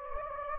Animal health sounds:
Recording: mosquito wingbeat signal from an infrared sensor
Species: Anopheles gambiae

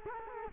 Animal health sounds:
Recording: mosquito wingbeat signal from an infrared sensor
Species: Culex quinquefasciatus

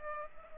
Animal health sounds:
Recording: mosquito wingbeat signal from an infrared sensor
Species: Culex pipiens

